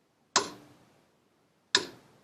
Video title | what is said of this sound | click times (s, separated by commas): PT Cruiser CV Axle Replacement | get that nice satisfying click once | 0.4 s, 1.7 s